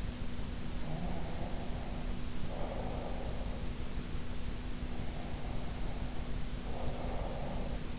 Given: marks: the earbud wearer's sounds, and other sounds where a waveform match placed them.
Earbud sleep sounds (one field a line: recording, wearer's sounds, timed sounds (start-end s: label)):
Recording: sounds in sleep by an in-ear microphone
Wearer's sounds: snoring breath, breath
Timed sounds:
0.79-3.78 s: snoring breath
4.88-7.99 s: breath